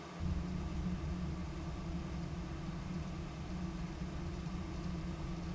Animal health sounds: honeybee colony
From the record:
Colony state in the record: active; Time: day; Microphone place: bottom box

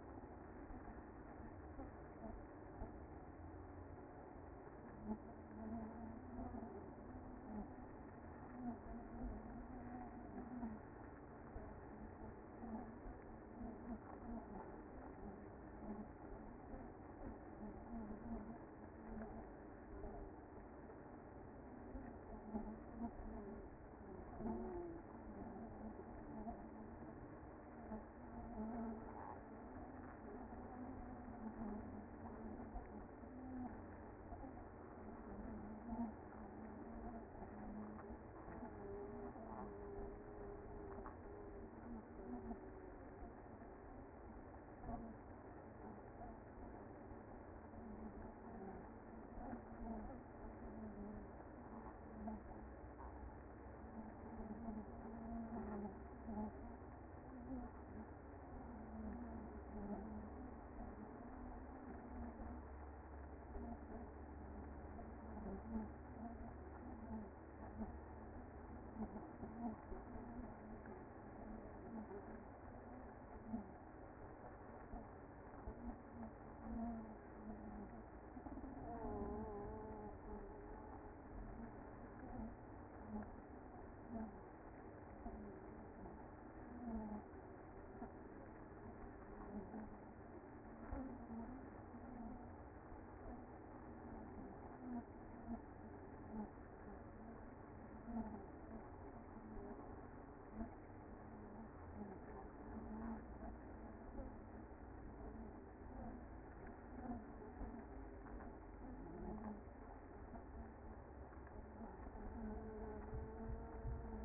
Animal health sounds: honeybee colony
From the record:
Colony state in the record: active

